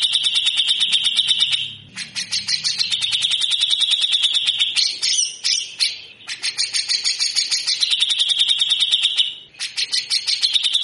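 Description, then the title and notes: Grey-cheeked bulbul giving harsh, rasping chatter: long runs of rapid buzzy notes, broken by brief pauses and short higher scratchy bursts. Actively singing (gacor) cucak jenggot giving rough, rasping 'besetan kasar' song, used as a master for training birds. "MASTERAN CUCAK JENGGOT GACOR FULL BESETAN KASAR DURASI PANJANG. MASTERAN CUCAK JENGGOT GACOR BESETAN KASAR DURASI RAPAT. Burung cucak jenggot"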